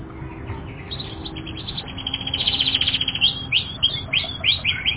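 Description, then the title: Canary song starting with a faint twitter, building into a fast rattling trill, then loud separate chirps repeated about three times a second. Several canaries. "kenarijos"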